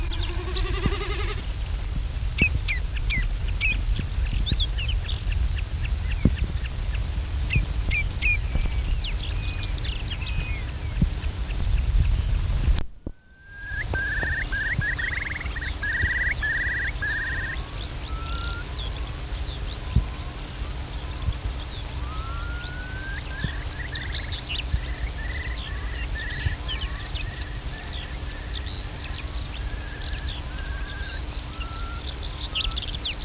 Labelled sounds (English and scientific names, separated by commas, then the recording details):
Common Snipe (Gallinago gallinago)
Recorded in the wild
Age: adult
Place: Mellensee, Brandenburg, DE
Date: 1970-05-03
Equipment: Report, Tesla Vorverstärker, Sennheiser MD 421-2
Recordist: Tembrock, Günter